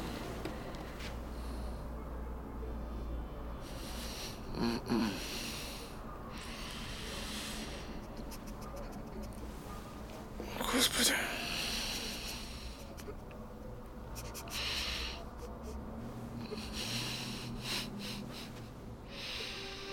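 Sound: woman crying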